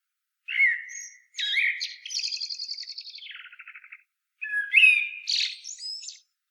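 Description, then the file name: Common blackbird song: fluty low notes, then a rapid buzzy trill that falls in pitch, followed by another warbled phrase with high squeaks. "Turdus merula"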